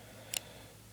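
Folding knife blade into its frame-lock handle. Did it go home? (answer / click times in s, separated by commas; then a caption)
yes / 0.4 s. A Gerber Paraframe frame-folder knife is closed after its metal frame lock is pressed aside to free the blade. The blade snaps back into its frame-lock handle with a single sharp, bright click at 0.4 s over a quiet background. The blade is seated closed.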